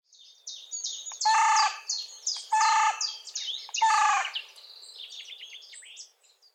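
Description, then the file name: Carrion crow caws: three harsh, drawn-out caws roughly every 1.3 seconds, while small birds twitter and chirp at a high pitch throughout. "Corvus corone"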